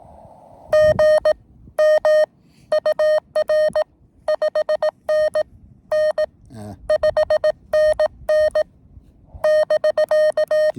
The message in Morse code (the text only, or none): GM UR 5NN 5NN <BK>